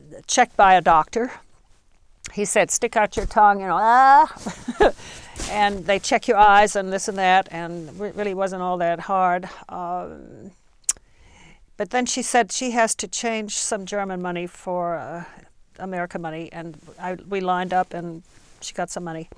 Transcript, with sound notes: checked by a doctor. He said, "Stick out your tongue, aahh," (she laughs) and they check your eyes and this and that and it really wasn't all that hard. But then she said she has to change some German money for American money and we lined up and she got some money,